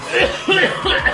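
Three quick, voiced coughs from an adult man, a radio host, within about a second during a live broadcast; an ordinary brief cough.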